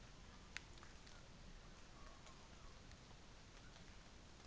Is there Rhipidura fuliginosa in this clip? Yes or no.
no